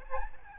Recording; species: mosquito wingbeat signal from an infrared sensor; Aedes albopictus